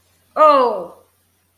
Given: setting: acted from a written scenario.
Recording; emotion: vocal sound without words; pain